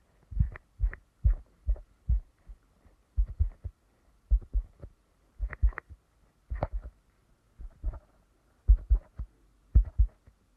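Deep ear canal massage: soft, low thumps arrive in quick clusters of two to four, separated by brief pauses. Each bump is dull and muffled with a faint rubbing hiss, repeating irregularly across the whole eleven seconds over near silence.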